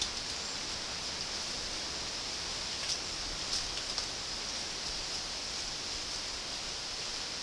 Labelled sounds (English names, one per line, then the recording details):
none
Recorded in dense forest near Puerto Asís, Putumayo, Colombia, on 21 February 2024 at 11:30
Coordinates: 0.500, -76.322
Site G6465